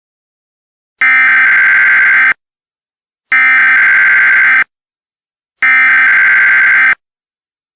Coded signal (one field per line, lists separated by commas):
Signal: Emergency Alert System (SAME) tones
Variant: header bursts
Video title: EAS Scenario: Absolutely Radioactive Part 2